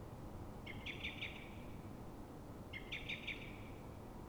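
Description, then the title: Common blackbird alarm, two quick runs of three or four sharp clucks about two seconds apart, with a low continuous rumble behind. Frightened or threatened blackbird at dawn, probably reacting to another blackbird; Pl. de Francisco Escolar, Fuenlabrada, Madrid, Spain; Zoom H1n recorder. "Pl. de Francisco Escolar, 10, 28944 Fuenlabrada, Madrid, España - Mirlo asustado"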